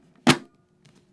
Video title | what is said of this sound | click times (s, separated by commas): HJC RPHA 71 Helmet Review from SportbikeTrackGear.com | position you're going to hear it click | 0.3 s